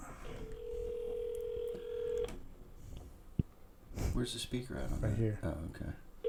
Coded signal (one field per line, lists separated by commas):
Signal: telephone call progress tone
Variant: North America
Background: speech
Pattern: ringback tone